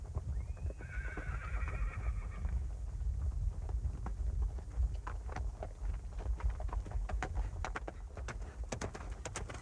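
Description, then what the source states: Horse whinny, a rising then level neigh with rich overtones early on, followed by a run of clattering hoofbeats over a low rumbling background. Several horses running away, hooves clattering rhythmically.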